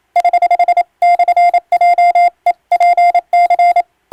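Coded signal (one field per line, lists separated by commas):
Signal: Morse code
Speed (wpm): 27 wpm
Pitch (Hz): 700 Hz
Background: none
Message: <HH>/JEPC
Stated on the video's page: Morse sent on an electronic keyer by a ship radiotelegraph operator as practice for the national exam's telegraphy test, using English-language radiotelegram practice texts.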